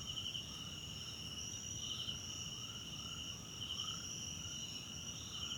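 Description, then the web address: Crickets keep up a shrill continuous trill while lower short rising calls from another animal repeat irregularly throughout. Background South African crickets at night in a wetland park at Kosi Forest Lodge, South Africa. "Tonschliff - SOUTH AFRICAN CRICKETS BG South Africa Wetland Park Kosi Forest Lodge Night"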